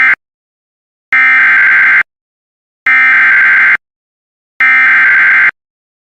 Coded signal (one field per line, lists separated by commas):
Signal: Emergency Alert System (SAME) tones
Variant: header bursts